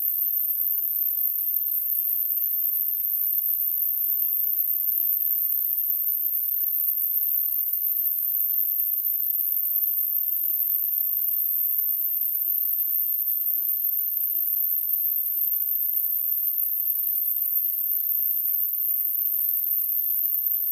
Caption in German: Tinnitus.